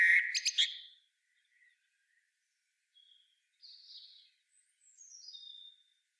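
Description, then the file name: Common blackbird song, one loud fluted phrase ending in a squeaky twitter in the first second, then a few faint high thin notes and slurs. "Turdus merula"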